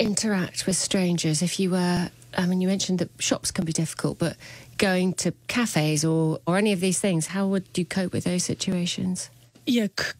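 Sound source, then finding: Adult interviewer. Normal fluent speech.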